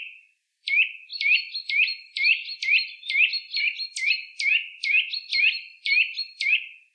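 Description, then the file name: Eurasian nuthatch giving a steady run of sharp, ringing 'twit' notes, roughly two each second, with no other sounds. "Sitta europaea"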